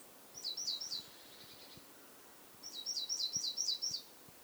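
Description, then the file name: Great tit song: a short phrase of three high two-part notes, then after a pause a longer run of six. "Parus major"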